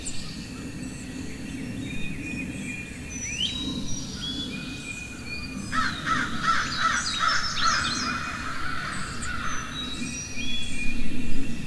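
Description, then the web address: Crow giving several rasping caws in the middle, while other birds chirp and whistle throughout. Forest ambience with crows and other birds chirping. "Wav Junction Sound Effects - Ambience Forest Crows Birds Chirping"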